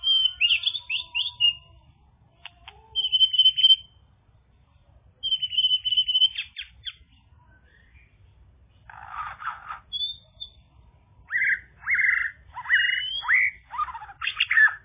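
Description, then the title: Bird singing high whistled phrases and sharp clicks at first, then harsher chattering and buzzy repeated notes through the second half. "kikicau"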